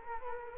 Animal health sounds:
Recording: mosquito wingbeat signal from an infrared sensor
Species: Culex quinquefasciatus

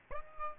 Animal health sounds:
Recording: mosquito wingbeat signal from an infrared sensor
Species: Aedes aegypti

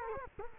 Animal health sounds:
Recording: mosquito wingbeat signal from an infrared sensor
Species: Culex quinquefasciatus

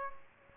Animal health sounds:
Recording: mosquito wingbeat signal from an infrared sensor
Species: Aedes aegypti

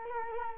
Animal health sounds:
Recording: mosquito wingbeat signal from an infrared sensor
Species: Culex quinquefasciatus

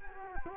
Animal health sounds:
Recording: mosquito wingbeat signal from an infrared sensor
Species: Culex quinquefasciatus

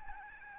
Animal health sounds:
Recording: mosquito wingbeat signal from an infrared sensor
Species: Aedes albopictus

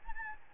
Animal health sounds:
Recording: mosquito wingbeat signal from an infrared sensor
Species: Aedes albopictus

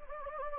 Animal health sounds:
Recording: mosquito wingbeat signal from an infrared sensor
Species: Anopheles gambiae

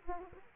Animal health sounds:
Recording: mosquito wingbeat signal from an infrared sensor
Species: Aedes aegypti

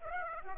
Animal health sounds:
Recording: mosquito wingbeat signal from an infrared sensor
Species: Aedes aegypti

